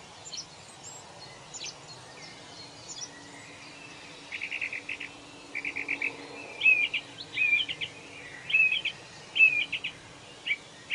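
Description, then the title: Birds singing, faint high chirps at first, then repeated short buzzy trilled bursts with sharp whistled notes growing louder, over a quiet steady hum. Birds singing in a forest, presented as soothing nature sleep sounds. "Forest and Nature Sleep Sounds - Soothing Birds Singing"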